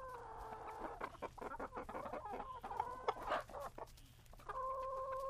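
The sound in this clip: Chicken clucking and giving drawn-out, wavering notes, with scattered sharp clicks throughout and a steady held tone near the end.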